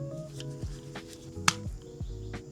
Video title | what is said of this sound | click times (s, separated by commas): He Bought This BT-50 With No Receipts — Here’s What I Found | Hear that click? | 1.5 s